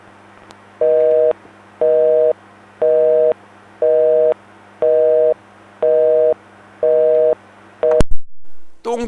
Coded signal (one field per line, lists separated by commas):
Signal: telephone call progress tone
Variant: North America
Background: speech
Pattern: busy tone